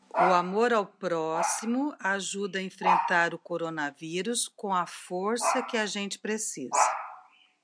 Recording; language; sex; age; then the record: spoken sentence; Brazilian Portuguese; female; 60 to 69 years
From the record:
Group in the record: control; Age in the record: 60 years